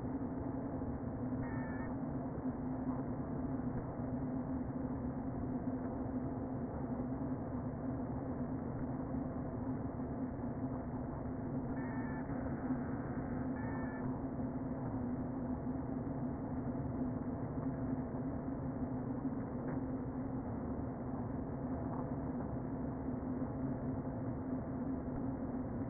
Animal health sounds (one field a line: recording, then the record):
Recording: honeybee colony, microphone inside the hive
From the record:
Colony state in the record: queen present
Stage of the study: before two queens were removed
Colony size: about 60,000 bees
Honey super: yes